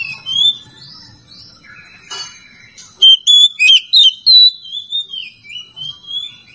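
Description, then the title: Oriental magpie-robin singing: a few scattered whistled notes, then about five loud, clear whistled notes in quick succession, followed by softer warbled notes. "Kacer"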